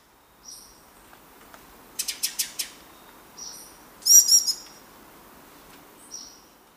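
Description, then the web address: Ochre-breasted tanager calls: thin high notes spaced throughout, a quick run of four harsh notes, then a louder burst of rapid chattering notes. Ecuador. "Natures Songs S America Birds of Ecuador Ochre-breasted Tanager"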